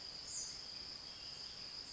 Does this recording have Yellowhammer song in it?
no